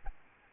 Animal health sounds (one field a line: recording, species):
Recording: mosquito wingbeat signal from an infrared sensor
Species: Aedes albopictus